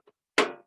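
During a PC build, the rear I/O shield, a thin metal press-fit plate, is pressed into its opening in the back of the case before the motherboard goes in. A faint soft tap near 0.1 s is followed by a loud, bright metallic snap at 0.4 s that rings briefly and fades by about 0.6 s. The shield seats at 0.4 s.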